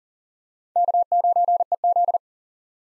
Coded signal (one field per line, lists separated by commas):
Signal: Morse code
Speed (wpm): 40 wpm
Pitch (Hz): 700 Hz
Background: none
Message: K9EZ